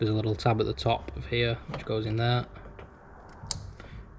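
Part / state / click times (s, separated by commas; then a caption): wiring plug into boost control solenoid valve / seated / 3.5 s. Someone talks while an electrical plug is pushed onto the boost control solenoid valve of a Mitsubishi EVO X during an AEM gauge install. A small tab at the top of the plug locks into the housing with a sharp click at 3.5 s, and the connector is seated.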